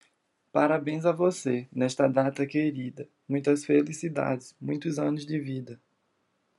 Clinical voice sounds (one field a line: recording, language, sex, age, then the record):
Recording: short text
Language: Brazilian Portuguese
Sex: male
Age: 20 to 29 years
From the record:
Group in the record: control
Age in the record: 22 years